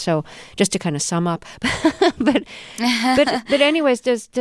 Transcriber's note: soundbite of laughter